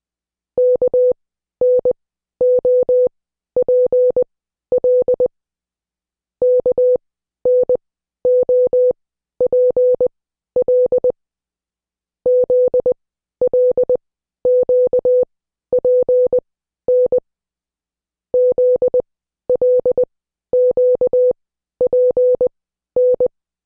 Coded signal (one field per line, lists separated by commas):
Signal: Morse code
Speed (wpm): 20 wpm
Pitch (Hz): 500 Hz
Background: none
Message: KNOPL KNOPL ZLQPN ZLQPN